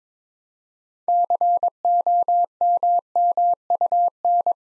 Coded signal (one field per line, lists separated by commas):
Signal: Morse code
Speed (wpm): 22 wpm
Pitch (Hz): 700 Hz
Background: none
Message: COMMUN